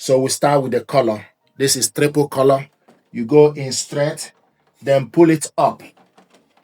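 Someone talks while handling a tri-color ink cartridge for an HP Deskjet 4130e printer, which goes on the left side of the carriage and is pushed straight in, then pulled up until it latches. Two faint, brief ticks are heard near the end, around 6.2 s and 6.6 s. Nothing has seated or clicked yet.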